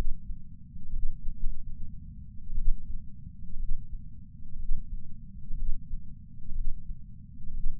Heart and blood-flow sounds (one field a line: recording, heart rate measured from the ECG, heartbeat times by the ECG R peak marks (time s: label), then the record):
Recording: heart sounds by patch sensor on the chest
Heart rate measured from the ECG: 64 bpm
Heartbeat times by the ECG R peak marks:
0.91 s: heartbeat
1.37 s: heartbeat
2.55 s: heartbeat
3.57 s: heartbeat
4.57 s: heartbeat
5.54 s: heartbeat
6.53 s: heartbeat
7.52 s: heartbeat
From the record:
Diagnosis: coronary artery disease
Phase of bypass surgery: preoperative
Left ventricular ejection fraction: 61.1%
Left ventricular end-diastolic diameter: 60 mm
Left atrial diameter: 40 mm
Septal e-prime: 7.9 cm/s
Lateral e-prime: 9.6 cm/s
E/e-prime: 7.5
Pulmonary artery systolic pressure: 34 mmHg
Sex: male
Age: 65 years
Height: 168 cm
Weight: 73 kg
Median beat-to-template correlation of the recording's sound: 0.92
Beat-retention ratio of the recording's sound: 1.00